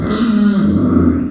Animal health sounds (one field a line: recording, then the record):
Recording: squeal of a Yucatan mini pig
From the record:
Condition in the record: after surgery on the right vocal fold (resection and tissue-engineered implant)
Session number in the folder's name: 9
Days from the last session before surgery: 65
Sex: female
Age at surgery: 19 weeks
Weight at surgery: 25 kg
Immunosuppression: prednisolone